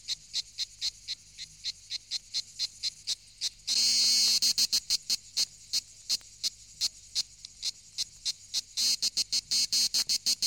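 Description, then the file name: Insect chirping: short high-pitched pulses repeated about three to four times a second, broken by a brief loud buzzy burst, then quickening pulses toward the end. "insetti insect"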